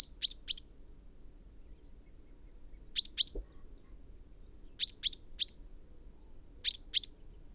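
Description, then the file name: Common chaffinch repeating sharp high call notes in small bursts of two or three, with pauses of over a second between bursts; one faint low tap. "Fringilla coelebs"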